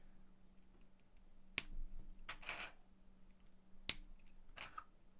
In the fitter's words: didn't snap very well